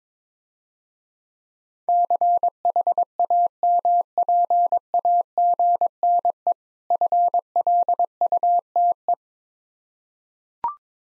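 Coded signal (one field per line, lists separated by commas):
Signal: Morse code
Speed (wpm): 22 wpm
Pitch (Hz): 700 Hz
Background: none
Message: CHAMPAGNE FLUTE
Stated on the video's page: Morse code practice of difficult words with contextual hints at 17 wpm.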